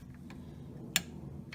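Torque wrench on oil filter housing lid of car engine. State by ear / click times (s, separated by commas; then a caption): torque reached / 1.0 s. A torque wrench tightens the oil filter housing lid (plastic/metal cap) on a BMW E46 M3 engine with gentle strokes, set to about 24 ft-lbs. Faint ticks come before a sharp click at 0.9 s as the wrench reaches its set torque, leaving the lid tight.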